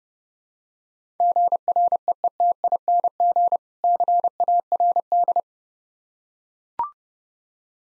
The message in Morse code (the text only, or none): GREETING CARD